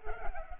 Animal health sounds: mosquito wingbeat signal from an infrared sensor; Culex pipiens

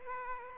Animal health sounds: mosquito wingbeat signal from an infrared sensor; Aedes aegypti

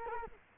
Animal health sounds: mosquito wingbeat signal from an infrared sensor; Culex quinquefasciatus

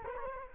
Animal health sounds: mosquito wingbeat signal from an infrared sensor; Culex quinquefasciatus

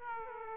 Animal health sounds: mosquito wingbeat signal from an infrared sensor; Aedes aegypti

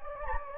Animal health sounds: mosquito wingbeat signal from an infrared sensor; Anopheles gambiae

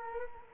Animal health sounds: mosquito wingbeat signal from an infrared sensor; Culex quinquefasciatus

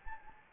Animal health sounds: mosquito wingbeat signal from an infrared sensor; Anopheles gambiae

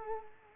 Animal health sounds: mosquito wingbeat signal from an infrared sensor; Culex quinquefasciatus

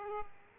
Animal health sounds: mosquito wingbeat signal from an infrared sensor; Aedes aegypti

